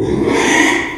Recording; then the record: squeal of a Yucatan mini pig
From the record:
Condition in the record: after surgery on the right vocal fold (resection and tissue-engineered implant); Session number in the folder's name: 3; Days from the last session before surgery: 33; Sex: male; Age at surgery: 12 weeks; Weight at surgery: 13 kg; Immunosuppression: cyclosporine, prednisolone